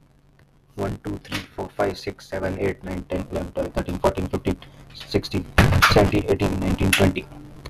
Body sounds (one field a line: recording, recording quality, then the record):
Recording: counting at a fast pace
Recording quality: moderate, slight background noise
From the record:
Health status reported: healthy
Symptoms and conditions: none ticked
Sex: male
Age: 21 years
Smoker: not ticked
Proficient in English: yes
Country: India